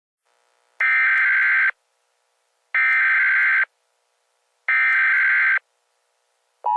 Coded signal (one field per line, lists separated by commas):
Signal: Emergency Alert System (SAME) tones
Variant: header bursts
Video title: Obliterated (EAS Scenario)